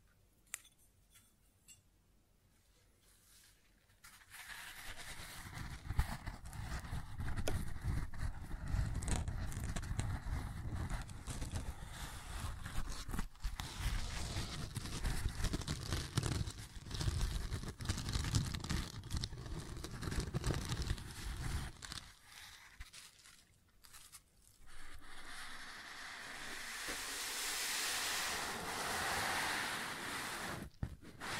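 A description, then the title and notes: Sounds on a wooden surface: after about four seconds of near silence, a dense, rough rumbling rub starts and continues unevenly until about 22 seconds. It breaks off briefly, then a brighter, hissing scrape runs steadily to the end. ASMR Sounds on Wooden Surface (No Talking).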